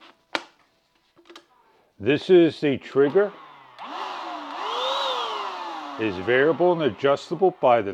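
A 20V 4.0Ah battery pack slides onto the bottom of the handle of a Dextra cordless brushless paint sprayer and seats with a strong latch click at 0.4 s. Light taps follow around 1.3 s, then someone talks, and a steady whirring tone rises and falls beneath the talking in the middle of the clip.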